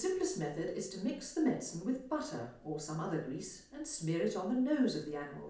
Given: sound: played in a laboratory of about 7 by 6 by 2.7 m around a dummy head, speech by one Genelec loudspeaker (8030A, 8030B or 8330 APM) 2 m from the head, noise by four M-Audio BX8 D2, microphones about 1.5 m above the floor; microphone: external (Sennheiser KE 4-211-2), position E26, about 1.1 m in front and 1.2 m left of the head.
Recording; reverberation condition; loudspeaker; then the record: female speech in English; medium; 150 degrees to the left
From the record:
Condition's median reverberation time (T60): about 510 ms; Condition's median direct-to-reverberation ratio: about -0.5 dB